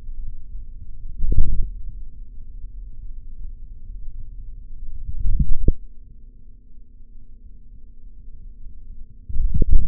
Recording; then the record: forearm muscle sounds (acoustic myography)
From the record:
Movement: forearm supination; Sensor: system 3, bracelet of six PUI Audio POM-2738L microphones around the upper forearm, with dedicated amplification and filtering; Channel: 4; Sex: male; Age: 26 years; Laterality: right